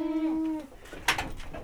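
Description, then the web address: Domestic goat bleating: one steady tonal bleat about half a second long, followed by brief rustling and a short harsh noise. Domestic goat recorded in a farmyard. "allathangok parasztudvar hazikecske kecske olbanagazda"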